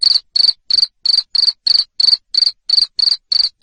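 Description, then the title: Cricket producing loud high chirps, each a rapid buzzy pulse, spaced evenly about three per second. Loud cricket chirping played to stimulate lovebirds to keep singing (ngekek). "Suara JANGKRIK NGERIK Keras Bikin LOVEBIRD Jadi NGEKEK Terus Vubey"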